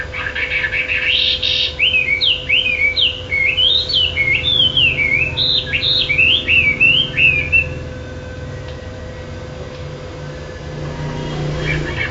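Chinese hwamei song, a fast series of looping whistled notes rising and falling rapidly for about six seconds, then quieter; a constant low hum throughout.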